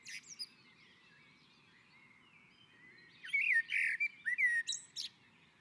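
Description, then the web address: Common blackbird song: a soft brief note near the start, then after a pause a loud phrase of mellow whistles that breaks into a thin twittering end. On the roof. "sammel Naturinspelningar Koltrast på taket"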